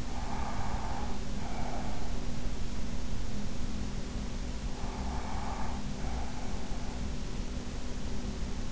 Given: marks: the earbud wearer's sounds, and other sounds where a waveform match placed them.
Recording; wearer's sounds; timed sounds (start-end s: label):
sounds in sleep by an in-ear microphone; breath
0.00-2.28 s: breath
4.80-6.74 s: breath